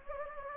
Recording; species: mosquito wingbeat signal from an infrared sensor; Anopheles gambiae